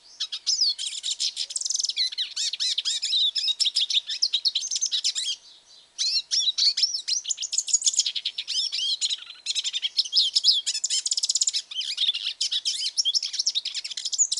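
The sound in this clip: Hooded siskin singing a rambling, high twittering song of quick chirps, slurred whistles and trills, with two short breaks between long phrases.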